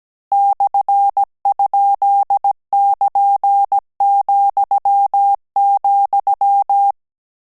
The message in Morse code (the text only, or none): /?<KN>,,